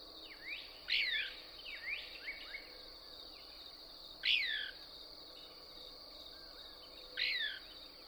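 Couch's Kingbird calls: three loud sharp downslurred notes spaced a few seconds apart, with softer twittering between, over a steady high-pitched hum.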